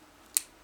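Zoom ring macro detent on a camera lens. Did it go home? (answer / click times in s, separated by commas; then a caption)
released / 0.4 s. The zoom ring of a vintage Miranda 35-70mm f3.5-4.5 macro camera lens is moved out of macro mode past its locking detent, which keeps the lens from going into macro accidentally unless a button is pressed. A single sharp, bright little click sounds at 0.4 s over quiet background. The macro lock releases and the ring is free to zoom through 35 to 70mm.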